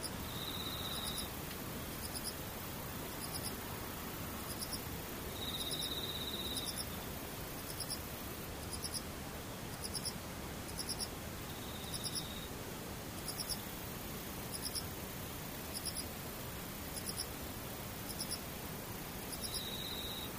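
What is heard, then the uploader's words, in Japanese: Near-silence with distant insects: a steady soft hiss fills the background while a thin, high chirp repeats regularly about once a second throughout. A slightly lower buzzing trill rises out of it now and then, near the start, around six seconds, twelve seconds and the end. 無音遠くにムシ。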